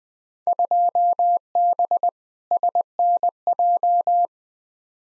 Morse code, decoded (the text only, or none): 2B SNJ